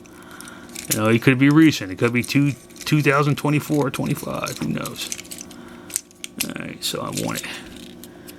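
Someone talks while handling a plastic part against a Transformers G1 Autobot Inferno (1985) toy robot figure, with light handling clicks and taps between about 5.4 and 8.0 seconds. The part is not yet home, and nothing has seated or clicked into place yet.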